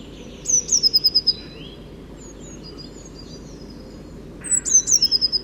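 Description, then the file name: Eurasian blue tit giving two bright, high call phrases of rapidly repeated falling notes, about four seconds apart, above a low continuous background rumble. "Cyanistes caeruleus"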